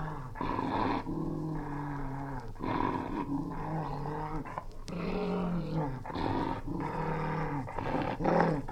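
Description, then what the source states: English springer spaniel snarling steadily, a run of low, rattling growls with short breaths between. Angry dog, snarling.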